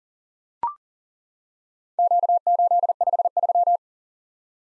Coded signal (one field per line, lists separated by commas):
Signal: Morse code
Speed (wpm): 42 wpm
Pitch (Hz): 700 Hz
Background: none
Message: Q853